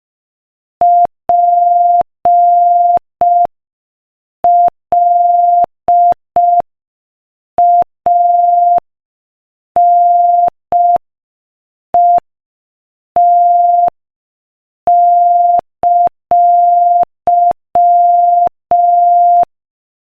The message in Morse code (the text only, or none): PLANET!